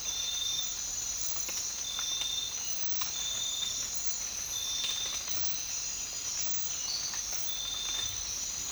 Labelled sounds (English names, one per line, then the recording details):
none
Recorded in dense forest near Puerto Asís, Putumayo, Colombia, on 19 March 2025 at 04:30
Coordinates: 0.484, -76.317
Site G064